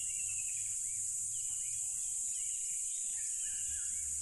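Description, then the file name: Crickets trill steadily at high pitch, with soft arching bird whistles recurring in the background. Loud crickets beside a tropical river. "smartsound ATMO NATURE Tropical River Loud Crickets"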